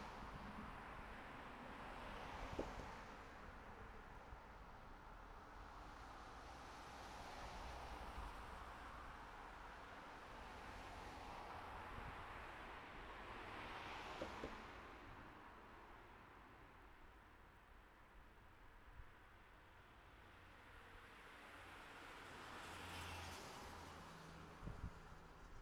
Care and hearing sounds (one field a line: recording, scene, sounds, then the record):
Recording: everyday scene through a hearing-aid microphone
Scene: in traffic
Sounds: traffic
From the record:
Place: city secondary road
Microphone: behind the ear, right, rear